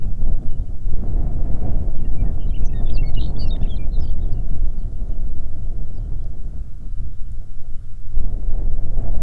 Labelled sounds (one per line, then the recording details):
songbird
wind
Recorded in the Arctic National Wildlife Refuge, Alaska, on 20 May 2019 at 12:00
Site 38